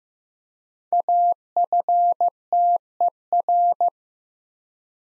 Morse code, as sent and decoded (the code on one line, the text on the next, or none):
.- ..-. - . .-.
AFTER